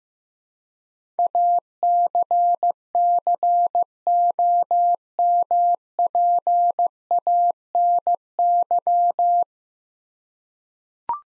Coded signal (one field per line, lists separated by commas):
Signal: Morse code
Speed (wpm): 15 wpm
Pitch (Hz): 700 Hz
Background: none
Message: ACCOMPANY